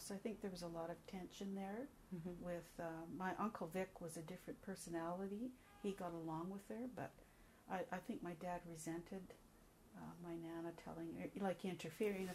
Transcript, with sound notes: So I think there was a lot of tension there --
Um hum.
-- with ah -- my uncle Vic was a different personality -- (car horn) he got along with her but I I think my dad resented ah my nana telling -- like interfering.